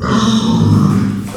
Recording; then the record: squeal of a Yucatan mini pig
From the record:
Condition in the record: after surgery on the right vocal fold (resection and tissue-engineered implant); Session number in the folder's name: 11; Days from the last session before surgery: 98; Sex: female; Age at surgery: 19 weeks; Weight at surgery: 25 kg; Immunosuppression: prednisolone